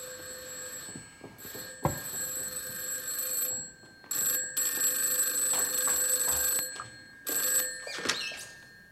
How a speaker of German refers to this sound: Ach, jetzt habe ich doch auch noch vergessen, das Telefon umzustellen. Wer kann denn das bloß sein?